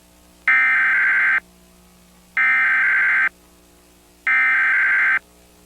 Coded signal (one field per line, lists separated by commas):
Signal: Emergency Alert System (SAME) tones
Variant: header bursts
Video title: 31 New EAS Alarm Requested By @MontyMoleIsBack